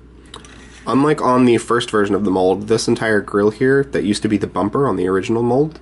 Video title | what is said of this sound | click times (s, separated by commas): Transformers: Prime - AM-24 Silas Breakdown | anyway so fold this entire part down and it will click in | 0.3 s